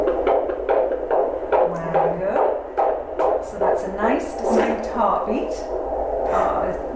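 Fast, regular whooshing pulses at about 143 a minute: a normal fetal heartbeat at 18 weeks of pregnancy, picked up with a handheld Doppler on the mother's abdomen; the rate is fast, like a fast little train.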